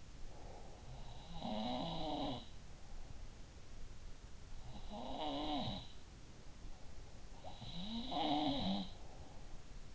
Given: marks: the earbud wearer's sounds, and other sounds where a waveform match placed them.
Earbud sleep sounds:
sounds in sleep by an in-ear microphone; breath
0.00-1.42 s: breath
0.32-2.47 s: sound from someone else or the room
4.59-5.98 s: sound from someone else or the room
7.33-9.33 s: sound from someone else or the room

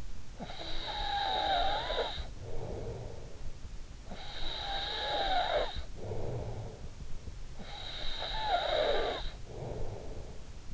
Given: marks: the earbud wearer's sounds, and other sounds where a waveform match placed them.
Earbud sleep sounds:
sounds in sleep by an in-ear microphone; snoring breath
0.00-3.57 s: snoring breath
3.77-7.17 s: snoring breath
7.43-10.74 s: snoring breath

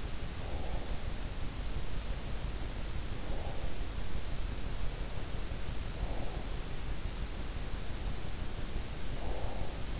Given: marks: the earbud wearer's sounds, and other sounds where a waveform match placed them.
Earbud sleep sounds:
sounds in sleep by an in-ear microphone; breath
0.00-1.37 s: breath
2.96-4.33 s: breath
5.52-6.90 s: breath
9.00-9.99 s: breath

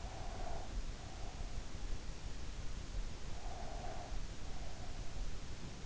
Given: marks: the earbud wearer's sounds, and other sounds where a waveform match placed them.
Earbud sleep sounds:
sounds in sleep by an in-ear microphone; breath
0.00-1.55 s: breath
3.36-5.20 s: breath

